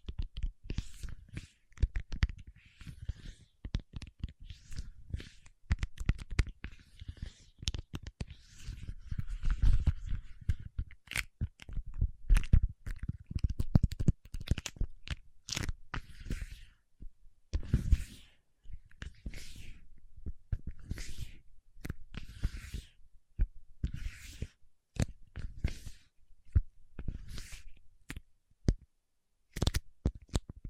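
Paraffin wax being peeled, tapped and scratched, in a steady run of dense, crackly scraping across the whole half-minute. Sharp taps and clicks land every second or so, with heavier thuds and low rumbling bursts around ten and seventeen seconds.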